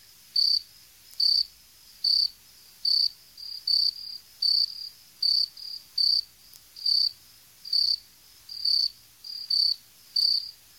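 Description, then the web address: Insect chirps, high-pitched pulsed bursts repeating roughly every 0.8 seconds throughout, fairly regular and steady. "animali insetti insetti insect"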